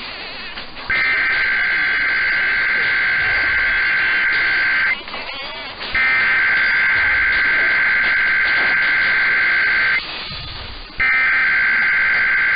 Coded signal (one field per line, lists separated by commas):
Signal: Emergency Alert System (SAME) tones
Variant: header bursts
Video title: South Idaho Required Monthly Tests (EAS #9739-9740) 2/2/23